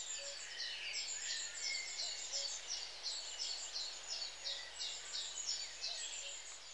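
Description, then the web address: Long-tailed tit calls: rapid, evenly spaced high sputtering notes repeated several times a second, with thin trills above and a steady low hiss beneath. "The BBC Sound Effects Library. Long Tailed TIT"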